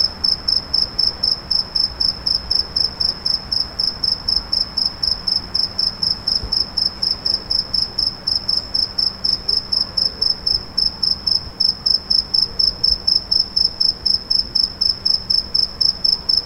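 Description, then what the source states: Cricket chirping: a steady high-pitched pulsed trill, about four short chirps per second, unbroken throughout over a low background hum. A single cricket.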